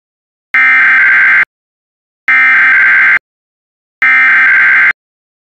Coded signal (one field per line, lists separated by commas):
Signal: Emergency Alert System (SAME) tones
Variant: header bursts